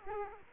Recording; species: mosquito wingbeat signal from an infrared sensor; Culex quinquefasciatus